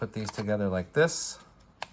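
Two parts of a phone case are being handled as a pen holder module, which holds the Samsung S Pen, is brought up to go into the case. Someone talks over soft handling noise, followed by a brief sharp tick near 1.8 s. The clip ends just before the module goes home, so nothing has seated or clicked into place yet.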